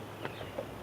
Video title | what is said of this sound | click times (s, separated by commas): How To Set Up Earth Bin | it snaps together just easily and then | 0.2 s